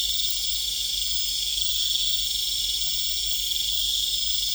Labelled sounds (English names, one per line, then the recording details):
none
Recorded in pastures near Puerto Asís, Putumayo, Colombia, on 20 December 2024 at 20:00
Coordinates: 0.472, -76.329
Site G072